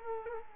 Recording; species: mosquito wingbeat signal from an infrared sensor; Culex quinquefasciatus